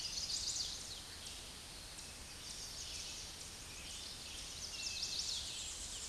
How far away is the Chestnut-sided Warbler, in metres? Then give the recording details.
about 35 m. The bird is about 5 m below the microphone. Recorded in a Pennsylvania forest on 16 May 2024 at 08:22. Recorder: AudioMoth, point MSD-2306. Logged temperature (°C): 15.6 °C. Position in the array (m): 36 m, 31 m